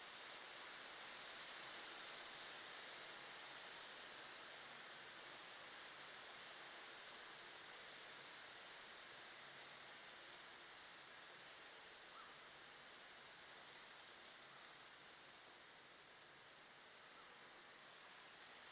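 Rain falls in a steady, dense hiss that barely changes over the whole stretch, bright and without individual drops standing out. A faint low rumble sits underneath, and the level eases slightly toward the end.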